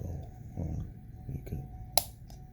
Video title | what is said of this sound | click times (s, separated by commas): Leatherman Wave +, Curl and Charge TTI comparison | push it down, it pops into place, and then just by manually pushing on the tool, it will come out. | 2.0 s